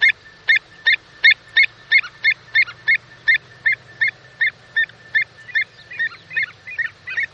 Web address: pied avocet